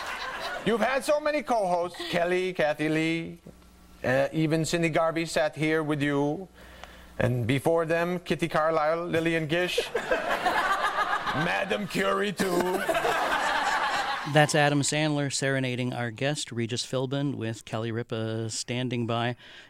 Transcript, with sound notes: You've had so many co-hosts: Kelly, Kathie Lee, even Cyndy Garvey sat here with you. And before them, Kitty Carlisle, Lillian Gish, Madam Curie too.
(SOUNDBITE OF LAUGHTER)
That's Adam Sandler serenading our guest Regis Philbin with Kelly Ripa standing by.